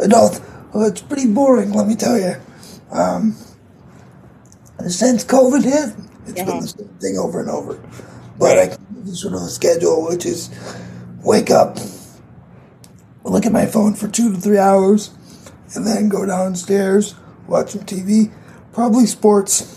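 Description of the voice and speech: A young man with cerebral palsy speaks slowly with long pauses, stretched sounds, a somewhat high, strained and creaky voice, and slightly blurred consonants, though his words stay understandable. This is mild dysarthria.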